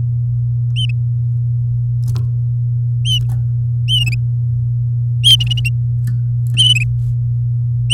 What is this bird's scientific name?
Serinus canaria